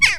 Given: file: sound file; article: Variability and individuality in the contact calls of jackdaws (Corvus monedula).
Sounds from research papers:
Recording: jackdaw call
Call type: harmonic

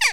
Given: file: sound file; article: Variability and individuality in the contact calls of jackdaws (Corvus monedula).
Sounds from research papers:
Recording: jackdaw call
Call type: harmonic

